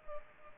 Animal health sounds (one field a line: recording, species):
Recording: mosquito wingbeat signal from an infrared sensor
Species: Culex pipiens